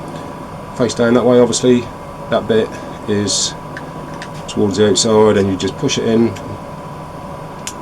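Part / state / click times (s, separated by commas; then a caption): cap magazine into blank-firing pistol / seated / 7.7 s. A cap strip is loaded face down into the magazine of a blank-firing pistol, and the magazine is pushed in by hand while someone talks over a steady background hum. One sharp click at 7.7 s marks the magazine seating into the pistol.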